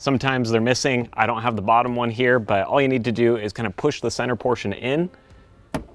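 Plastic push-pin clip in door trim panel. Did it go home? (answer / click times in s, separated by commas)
released / 5.8 s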